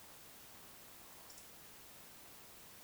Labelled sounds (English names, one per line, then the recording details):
Eurasian Woodcock whistle
Eurasian Woodcock croak
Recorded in Baden-Württemberg, Germany, on 21 June 2020 at 02:22 UTC
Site 49006, 684 m above sea level